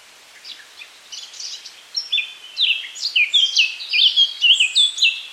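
Eurasian Blackcap singing, quiet twittering notes swelling into rich, loud flute-like whistles in quick succession toward the end.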